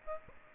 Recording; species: mosquito wingbeat signal from an infrared sensor; Aedes aegypti